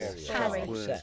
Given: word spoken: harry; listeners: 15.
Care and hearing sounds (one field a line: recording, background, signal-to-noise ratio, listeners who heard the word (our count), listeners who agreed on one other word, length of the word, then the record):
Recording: one English word in noise, from a listening test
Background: four-talker babble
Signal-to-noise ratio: -2.7 dB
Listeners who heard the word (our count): 2 of 15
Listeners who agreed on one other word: 6 of 15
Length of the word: 0.63 s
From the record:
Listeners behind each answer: 6, 2, 2, 1, 1, 1, 1, 1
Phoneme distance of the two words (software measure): 10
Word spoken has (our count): 2 syllables, 4 phonemes, stress on syllable 1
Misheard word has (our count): 2 syllables, 4 phonemes, stress on syllable 1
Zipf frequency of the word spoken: 4.81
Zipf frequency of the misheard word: 4.95